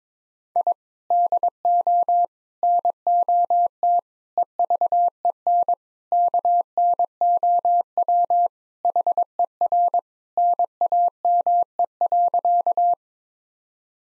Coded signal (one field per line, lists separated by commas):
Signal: Morse code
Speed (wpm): 22 wpm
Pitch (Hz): 700 Hz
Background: none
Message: I DO NOT EVEN KNOW HER NAME.